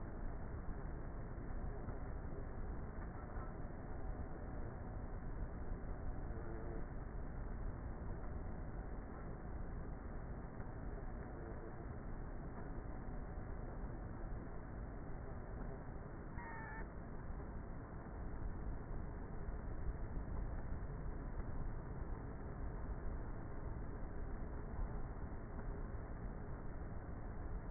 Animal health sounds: honeybee colony, microphone inside the hive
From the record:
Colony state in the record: queenless with a low population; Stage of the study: before two queens were removed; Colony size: about 30,000 bees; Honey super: no

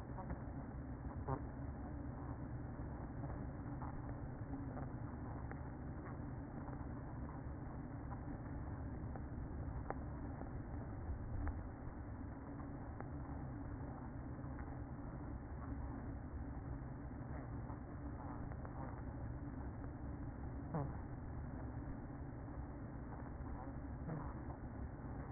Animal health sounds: honeybee colony, microphone inside the hive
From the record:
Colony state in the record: queen present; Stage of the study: after two queens were removed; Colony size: about 60,000 bees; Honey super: yes

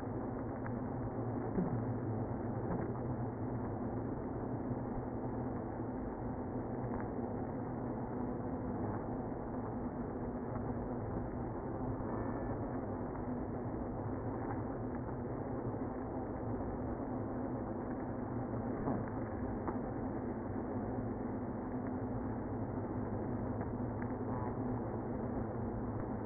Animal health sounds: honeybee colony, microphone inside the hive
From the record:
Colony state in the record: queenless (queen removed); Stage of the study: after two queens were removed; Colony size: about 60,000 bees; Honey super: yes

